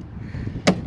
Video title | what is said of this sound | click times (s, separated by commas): Adria Coral Supreme 670 SL Handover | Once it clicks back in, it's in the vehicle. | 0.7 s